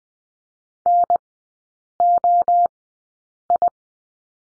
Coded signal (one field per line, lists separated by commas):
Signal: Morse code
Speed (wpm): 20 wpm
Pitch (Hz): 700 Hz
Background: none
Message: NOI